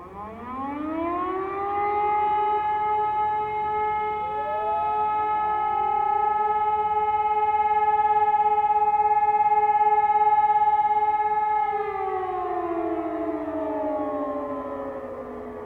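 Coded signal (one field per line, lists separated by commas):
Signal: siren signal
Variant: German Feueralarm, E57 siren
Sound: one siren wail rising, holding a steady howl, then winding down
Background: distant other sirens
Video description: aufgenommen beim monatlichen Probealarm der Feuerwehrsirenen in Königswinter am 16.01.2021 um 12 Uhr mit dem Signal "Feueralarm".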